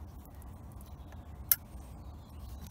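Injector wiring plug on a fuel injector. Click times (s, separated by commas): 1.5 s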